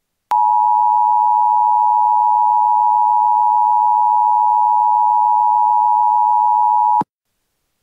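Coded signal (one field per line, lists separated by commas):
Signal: Emergency Alert System (SAME) tones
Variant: 853 and 960 Hz attention tone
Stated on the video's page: Fictional EAS scenario for entertainment.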